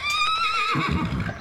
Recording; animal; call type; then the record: contact call of a hoofed animal; horse; whinny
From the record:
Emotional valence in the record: negative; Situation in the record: group separation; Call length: 1.41 s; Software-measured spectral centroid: 2640 Hz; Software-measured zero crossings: 3240 a second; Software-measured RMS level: -24 dBFS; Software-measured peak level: -11 dBFS